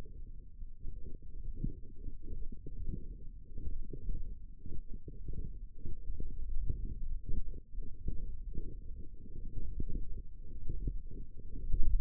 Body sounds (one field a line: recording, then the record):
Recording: forearm muscle sounds (acoustic myography)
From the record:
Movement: hook grip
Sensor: system 1, eight BSWA MPA416 microphones around the upper forearm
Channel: 5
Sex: female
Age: 21 years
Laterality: right